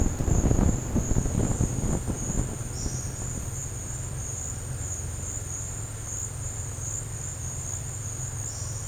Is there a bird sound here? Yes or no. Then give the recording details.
no. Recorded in dense forest near Puerto Asís, Putumayo, Colombia, on 26 December 2024 at 10:30. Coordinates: 0.468, -76.322. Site G071